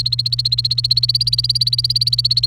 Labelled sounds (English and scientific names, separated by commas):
Domestic Canary (Serinus canaria) song